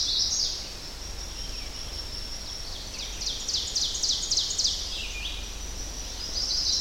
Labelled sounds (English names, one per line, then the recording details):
Ovenbird song
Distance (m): 70 m
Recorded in boreal forest in Alberta, Canada, on 10 June 2016 at 05:52
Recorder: SongMeter 3, array SBT-3-39
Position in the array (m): 208 m, 164 m
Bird 17